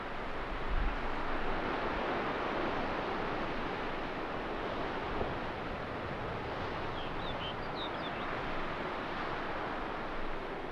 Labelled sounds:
Arctic Fox (Vulpes lagopus)

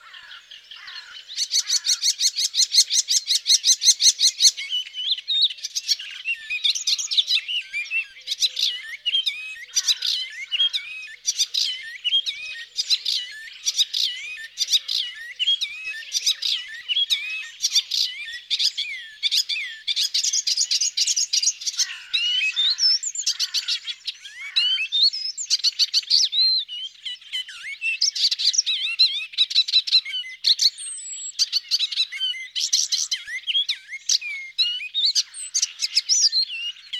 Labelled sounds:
Icterine Warbler (Hippolais icterina) song

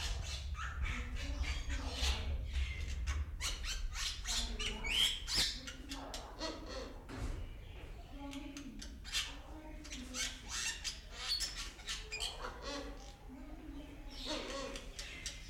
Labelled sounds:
Wreathed Hornbill (Rhyticeros undulatus) call

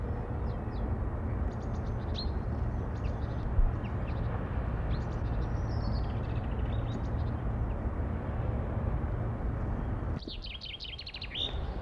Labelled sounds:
Common Chaffinch (Fringilla coelebs) song

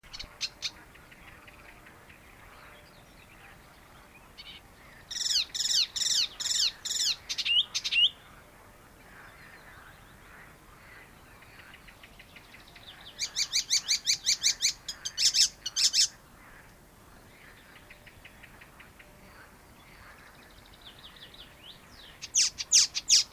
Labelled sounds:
Icterine Warbler (Hippolais icterina)

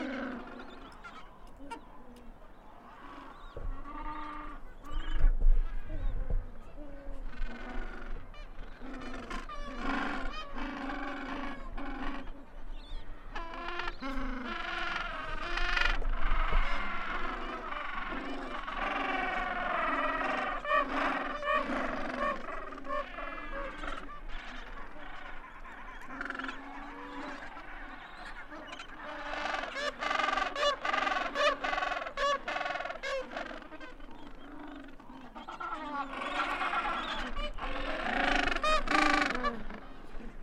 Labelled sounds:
Gentoo Penguin (Pygoscelis papua) call

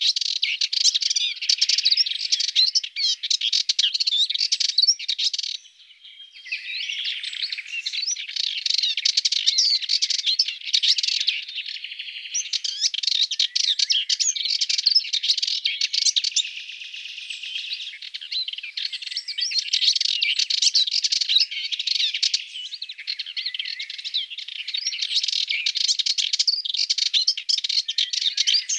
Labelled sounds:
Subalpine Warbler (Sylvia cantillans) song

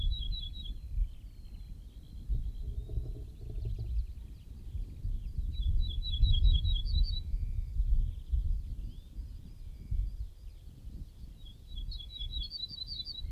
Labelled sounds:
Ortolan Bunting (Emberiza hortulana)

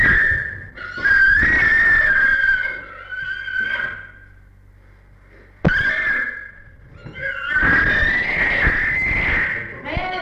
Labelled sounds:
Chimpanzee (Pan troglodytes)

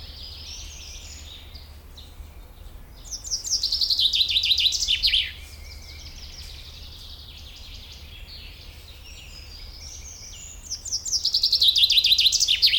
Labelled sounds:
Common Chaffinch (Fringilla coelebs) song

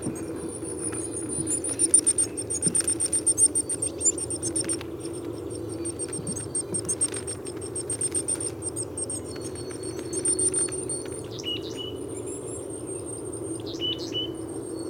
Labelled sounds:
Willow Tit (Poecile montanus) call

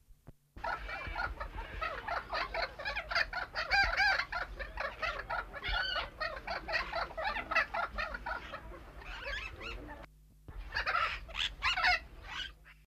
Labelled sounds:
Finsch's Parakeet (Aratinga finschi) call

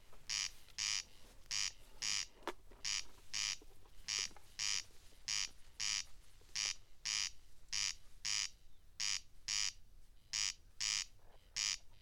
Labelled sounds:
Corn Crake (Crex crex) song

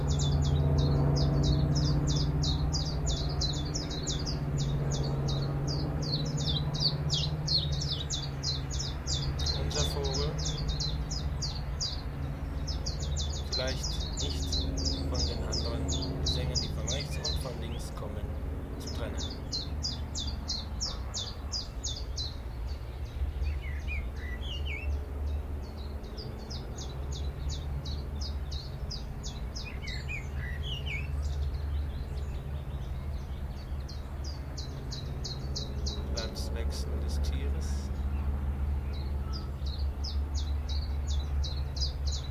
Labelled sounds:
Willow Warbler (Phylloscopus trochilus)

